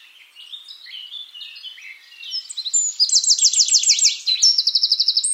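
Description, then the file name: Eurasian wren song, a rapid high-pitched run of varied notes building into loud, fast trills and rattles near the end. "Troglodytes troglodytes"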